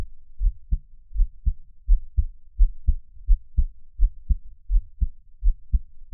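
Soft, low paired thumps repeat steadily at about 85 beats a minute, each pair a lub followed closely by a dub. It is a regular adult heartbeat heard up close for Taiwanese ASMR, with no extra sounds between beats and a quiet background.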